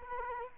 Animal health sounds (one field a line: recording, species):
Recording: mosquito wingbeat signal from an infrared sensor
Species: Culex quinquefasciatus